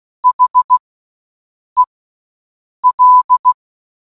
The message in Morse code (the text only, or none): HEL